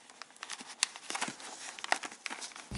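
A plastic LED utility light, part style number 9290060090, is pushed into the slots of the chin-bar tab on a BRP Ski-Doo Oxygen helmet amid crinkly rustling and handling noise. A sharp, loud click at 0.8 s marks the light seating into place, followed by softer ticks and more rustling.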